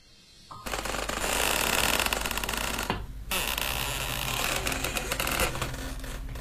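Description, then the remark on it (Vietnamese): Outside, late at night amid mist and smoke, a gate is dragged open with a loud, harsh, creaking, grinding rattle that runs in two long stretches, broken by a brief pause midway. There are no voices. “Đột nhiên, ở bên ngoài kia, lẫn trong màn sương khói và không gian tịch mịch, có tiếng cánh cổng nó kéo cả kéo kẹt, kéo cả kéo kẹt mở ra.”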